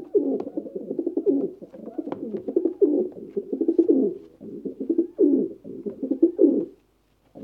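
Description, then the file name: Pigeons cooing: overlapping low, throaty rolling coos from several birds, pulsing almost without a break. Pigeons cooing inside a bird cage. "Digiffects Sound Effects Library - Pigeons Coo in Bird Cage"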